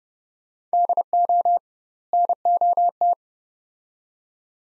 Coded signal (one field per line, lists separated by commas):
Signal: Morse code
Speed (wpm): 30 wpm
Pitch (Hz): 700 Hz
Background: none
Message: DO NOT